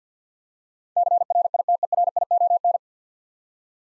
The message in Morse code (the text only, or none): CRITERION